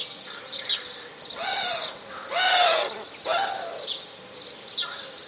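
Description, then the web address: Bird giving harsh calls rich in harmonics, repeated about once a second, with softer calls in between. "Deverinetal 2025 File origin Bird Only"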